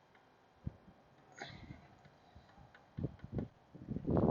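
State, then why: Not seated. A rubber PCV hose is slid over the end of a new PCV valve on a Dodge Neon and worked along it, giving soft rubbing and scraping with a few dull knocks and a louder rustle at the end. The hose has not locked or clicked into place yet.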